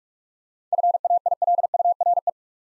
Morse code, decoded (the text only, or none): FAILURE